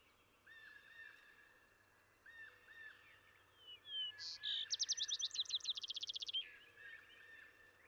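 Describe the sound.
Vesper sparrow song over background hiss and low hum: whistled notes running into a quick trill, with soft arched notes repeating throughout.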